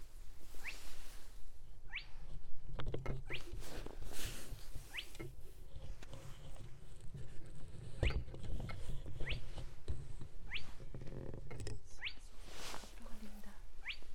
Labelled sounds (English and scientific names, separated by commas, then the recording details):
Spotted Crake (Porzana porzana) song
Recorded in the wild
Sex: male
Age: adult
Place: Schwedt/Oder, Nationalpark Unteres Odertal, Brandenburg, DE
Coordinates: 53.1525, 14.3603
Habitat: wetland
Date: 2015-04-21 21:55
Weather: 7°C, 80% humidity, almost windless
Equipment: Edirol R44, Microtech Gefell MK 250/MV220
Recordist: Freitag, Annika and Frommolt, Karl-Heinz
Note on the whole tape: Polder 10: calibrated recording of a spotted crake. Distance 25.07 m estimated using a line array (recording